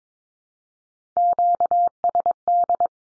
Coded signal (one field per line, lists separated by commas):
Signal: Morse code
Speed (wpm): 22 wpm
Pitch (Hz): 700 Hz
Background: none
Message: QSD